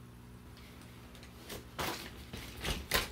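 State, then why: Not seated. A wheel or wheel cap is pushed onto a pet stroller frame, producing a few dull knocks and scraping bursts from about 1.5 to 3.0 seconds over a low steady hum. The wheel does not click into place; nothing has seated or clicked yet.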